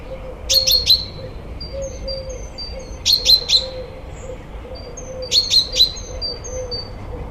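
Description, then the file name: Common chaffinch, triple bursts of piercing metallic call notes recurring every couple of seconds; faint high whistled notes fill the gaps, with a steady low hum in the background. "Fringilla coelebs"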